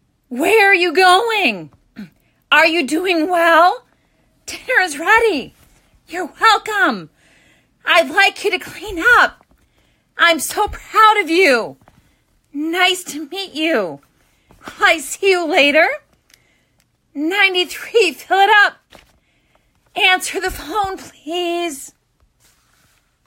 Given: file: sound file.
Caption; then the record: She was encouraged to project her voice but refrain from shouting, as evidenced in her functional phrases. Day 10 of LSVT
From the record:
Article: Intensive Voice Treatment following Botulinum Neurotoxin Injection for a Speaker with Abductor Laryngeal Dystonia: An Exploratory Case Study